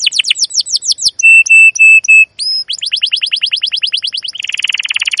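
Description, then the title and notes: Canary: quick falling chirps, then four steady flat whistles, a rising note, a fast chirp series and a closing buzzy trill. Canary song used as a lure (pancingan, masteran) to train young canaries to sing; described as gacor, long, emotional 'cuit cuit ngerol' chirping. "CUIT CUIT NGEROL LANGSUNG GACOR PANJANG Kenari Ini AMPUH Utk Pancingan KENAR. PANCINGAN Kenari GACOR PANJANG Cuit CUIT EMOSI ini AMPUH utk MASTERAN Kenari PAUD belajar BUNYI. burung kenari"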